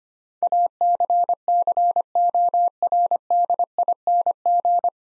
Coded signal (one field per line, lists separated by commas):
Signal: Morse code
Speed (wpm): 25 wpm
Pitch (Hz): 700 Hz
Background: none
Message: ACCORDING